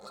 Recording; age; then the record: pig call; piglet (1 to 25 days)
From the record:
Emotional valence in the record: negative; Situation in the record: short isolation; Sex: male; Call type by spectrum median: low-frequency call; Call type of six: mixed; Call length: 0.10 s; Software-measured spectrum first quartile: 755 Hz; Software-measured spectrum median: 1383 Hz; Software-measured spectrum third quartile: 4199 Hz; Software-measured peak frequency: 1364 Hz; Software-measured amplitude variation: 62 dB a second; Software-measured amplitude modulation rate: 4.9 a second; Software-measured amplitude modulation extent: 12.5 dB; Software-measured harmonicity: 1.9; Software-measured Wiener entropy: -2.88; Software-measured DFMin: 661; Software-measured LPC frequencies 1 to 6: 624, 1327, 2342, 4248, 5484, 6598 Hz